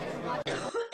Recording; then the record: coughing mixed with background sound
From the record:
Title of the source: female coughing - coughing sound effects girl